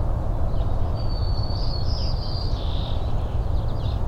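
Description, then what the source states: A bird gives a long thin whistle that breaks into warbled, chattering notes, with rain hissing steadily behind it. Morning birdsong recorded in rain at Richland, Washington, on 17 April 2008.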